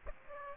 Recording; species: mosquito wingbeat signal from an infrared sensor; Aedes aegypti